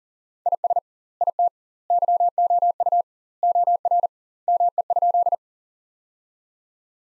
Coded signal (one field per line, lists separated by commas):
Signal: Morse code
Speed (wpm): 40 wpm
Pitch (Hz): 700 Hz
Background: none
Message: IS IT YOU OR ME?